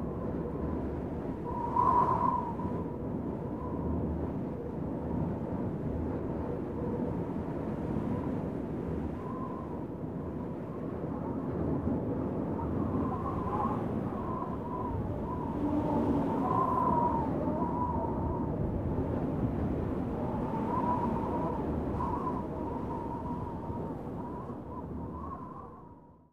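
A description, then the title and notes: Wind roars steadily in a dense, low rumble, with a thin whistle wavering around one pitch throughout, rising in brief swells near the start and again in the middle. The level stays fairly even before dropping away in the final second. Whistling Wind Sleep Sounds.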